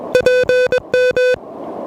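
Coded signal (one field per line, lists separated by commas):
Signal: Morse code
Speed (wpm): 22 wpm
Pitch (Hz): 500 Hz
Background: music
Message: PM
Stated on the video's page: QRP CW from a POTA park activation worked pedestrian mobile with an Elecraft KH1.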